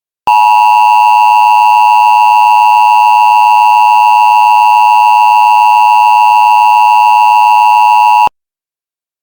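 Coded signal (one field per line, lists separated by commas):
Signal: Emergency Alert System (SAME) tones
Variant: 853 and 960 Hz attention tone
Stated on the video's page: Mock EAS alert for a fictional power outage advisory.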